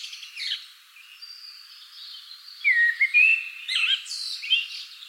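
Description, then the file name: Common blackbird singing a soft opening, then a louder mellow warble with looping notes and brief high squeaky flourishes near the end. "Turdus merula"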